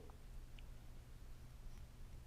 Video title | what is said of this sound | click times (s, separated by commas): Connecting the LI-550F TriSonica Mini to the USB interface | And you can kind of tell when it's in there because it kind of clicks into place. | 0.6 s